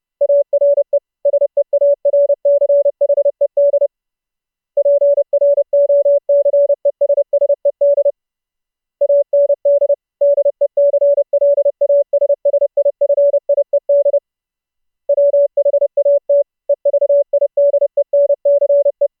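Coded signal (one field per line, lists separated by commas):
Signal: Morse code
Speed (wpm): 30 wpm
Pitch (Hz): 570 Hz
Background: none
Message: ARE SEARCHED PROCESSED AND DECLASSIFIED WHAT EVIDENCE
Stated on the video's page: Morse audio sent over Mumble voice-over-IP, output processed with a sine wave oscillator, noise gate and filter plugins.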